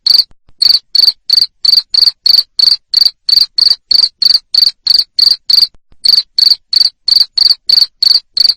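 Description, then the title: Cricket giving loud, high, rasping chirps at a fast even pace, roughly three per second, pausing twice briefly before resuming. Loud cricket chirping used to stimulate lovebirds to sing continuously. "Suara JANGKRIK NGERIK Keras Bikin LOVEBIRD Jadi NGEKEK Terus Vubey"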